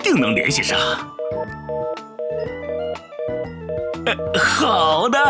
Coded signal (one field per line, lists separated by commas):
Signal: telephone call progress tone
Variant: North America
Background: speech, music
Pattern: reorder tone